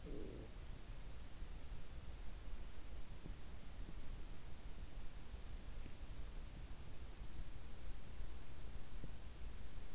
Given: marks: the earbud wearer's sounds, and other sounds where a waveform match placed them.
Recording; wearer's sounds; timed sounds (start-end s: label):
sounds in sleep by an in-ear microphone; breath
0.00-0.52 s: breath